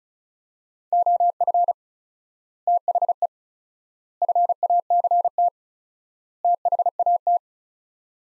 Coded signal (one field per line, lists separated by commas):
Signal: Morse code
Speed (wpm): 36 wpm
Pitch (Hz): 700 Hz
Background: none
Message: OF THE FACT THAT